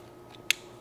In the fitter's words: it in you heard a nice click and then